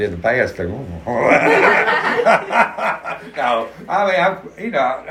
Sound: laughs